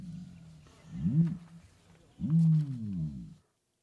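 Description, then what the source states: Common Ostrich warning call: two deep, resonant booms, the second longer, each swelling and then fading. Male; warning call; very low-frequency call audible for kilometers, used in harsh, open landscapes.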